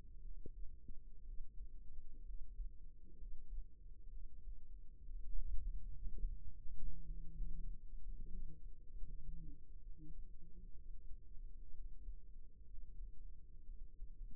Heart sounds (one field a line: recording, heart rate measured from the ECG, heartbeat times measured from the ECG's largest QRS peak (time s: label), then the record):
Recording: heart sounds by microphone in the right ear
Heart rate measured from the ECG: 63 bpm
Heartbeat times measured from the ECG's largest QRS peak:
0.19 s: heartbeat
1.22 s: heartbeat
2.22 s: heartbeat
3.15 s: heartbeat
4.08 s: heartbeat
5.05 s: heartbeat
6.06 s: heartbeat
7.01 s: heartbeat
7.99 s: heartbeat
8.91 s: heartbeat
9.79 s: heartbeat
10.72 s: heartbeat
11.70 s: heartbeat
12.64 s: heartbeat
13.62 s: heartbeat
From the record:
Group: healthy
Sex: female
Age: 37 years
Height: 168 cm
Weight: 70 kg